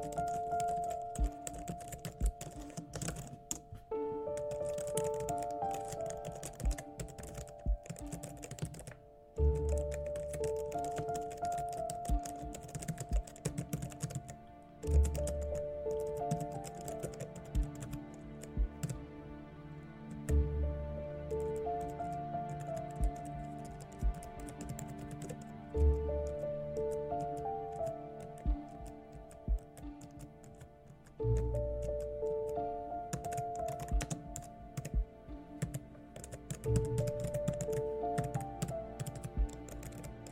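Dense, continuous keyboard typing clatters throughout the hacker room ambience, with sharp key clicks. Underneath, a low droning synth pad holds sustained tones that shift pitch every few seconds, with deeper pulses swelling around 10, 15, 20, 26 and 31 seconds.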